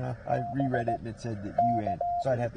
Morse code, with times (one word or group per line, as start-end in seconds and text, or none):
0.3-1.0 B
1.6-2.2 K